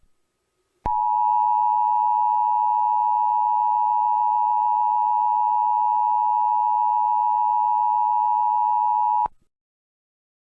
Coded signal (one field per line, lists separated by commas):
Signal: Emergency Alert System (SAME) tones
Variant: 853 and 960 Hz attention tone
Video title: EAS Mock - Hawaii Missile